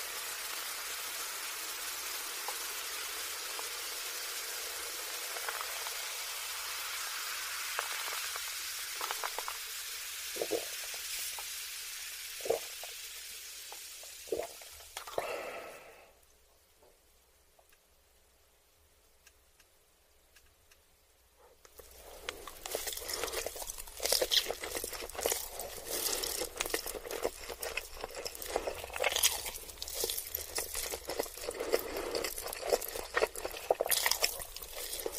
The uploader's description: Eating ramen noodles and chicken nuggets